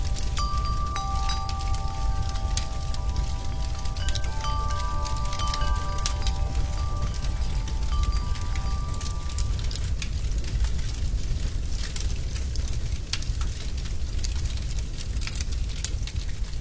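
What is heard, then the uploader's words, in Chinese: Soft wind chime tones ring and overlap for about ten seconds above a steady low rumble and scattered crackles that continue after they fade. 柔和的壁炉火光中。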